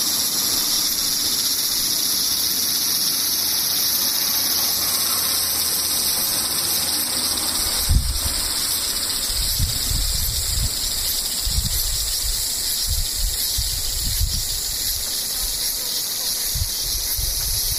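Cicadas drone continuously in a dense, steady high-pitched hiss that fills the whole clip without pause. Beneath it, low soft thumps and rumbles come and go, with a brief knock near eight seconds and scattered low bumps afterward, like wind or handling.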